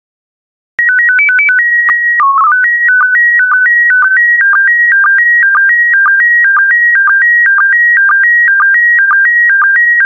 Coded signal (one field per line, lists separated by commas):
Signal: SSTV (slow-scan television)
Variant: PD 120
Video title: 224091 Portrait of Italy SSTV PD120